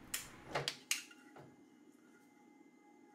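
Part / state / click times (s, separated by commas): control unit connector into main wiring harness / seated / 0.9 s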